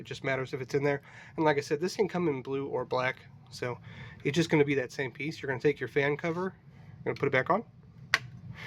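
Someone talks while a plastic fan cover is put back onto the toolhead of an AD5X 3D printer. A single sharp, loud snap at 8.1 s marks the cover seating back in place.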